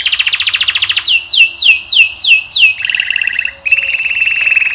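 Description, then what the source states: Canary song: a fast high trill, several loud descending swooping whistles in steady succession, then lower rolling trills and a bright sustained trill. Male Belgian canary singing a lot; training song to warm up and tutor young birds.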